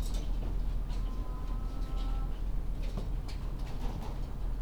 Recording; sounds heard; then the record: poultry house recording; sick chickens (respiratory disease)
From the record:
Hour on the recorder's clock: 20